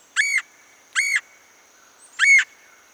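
Red-headed Woodpecker calls: three short, harsh notes, with a faint steady high tone behind.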